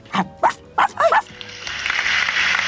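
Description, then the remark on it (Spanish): A dog gives four quick, high, yappy barks in an uneven burst, then falls silent as a steady hissing noise takes over. “Es increíble lo que ha hecho ese perro.”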